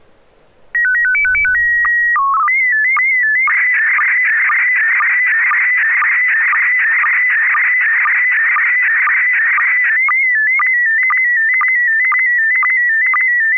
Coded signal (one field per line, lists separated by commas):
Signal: SSTV (slow-scan television)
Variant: PD 120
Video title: N6NA SSTV Net - 09/10/2025